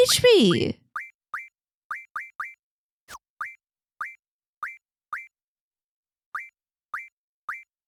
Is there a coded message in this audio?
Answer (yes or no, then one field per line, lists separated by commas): no